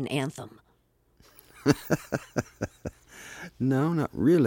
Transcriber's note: laughter